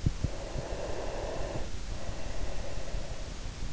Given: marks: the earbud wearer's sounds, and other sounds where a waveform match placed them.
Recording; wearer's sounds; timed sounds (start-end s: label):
sounds in sleep by an in-ear microphone; breath
0.28-3.46 s: breath